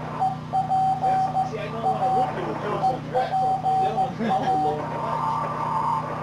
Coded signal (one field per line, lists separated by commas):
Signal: Morse code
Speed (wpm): 14 wpm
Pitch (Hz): 760 Hz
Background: speech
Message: EP A EPA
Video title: Fond du Lac Amateur Radio Field Day & Christmas Party from 1996 - From the herritage Files!